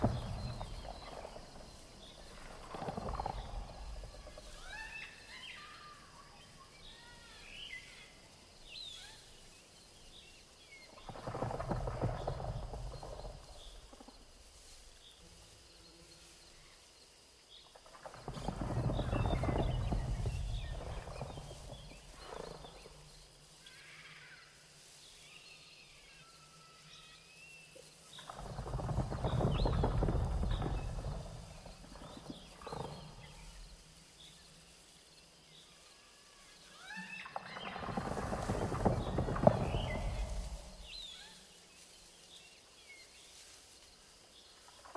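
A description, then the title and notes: A dark jungle ambience in which deep, rumbling animal calls swell and fade about every nine seconds, each lasting a few seconds. Between them, scattered bird chirps, a steady high insect hum, and faint rustles and creaks fill the quieter stretches. Mysterious jungle ambience | beastlands | deep roar | dangerous forest.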